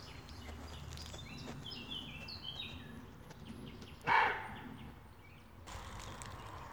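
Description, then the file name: Roe deer alarm bark: one harsh, hoarse bark near the middle, with varied songbird chirps and whistles continuing quietly behind it. Roe deer buck barking in alarm. "Rehbock schreckt"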